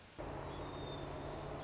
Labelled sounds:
White-crowned Sparrow

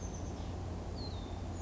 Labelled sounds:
Oak Titmouse

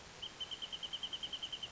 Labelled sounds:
Wrentit

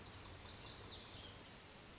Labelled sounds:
Lazuli Bunting

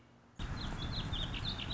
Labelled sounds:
Warbling Vireo

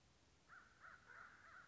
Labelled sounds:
American Crow

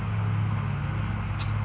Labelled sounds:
California Towhee

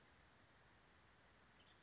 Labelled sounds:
Western Tanager

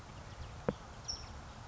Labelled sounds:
California Towhee

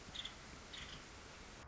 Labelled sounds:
Nuttall's Woodpecker

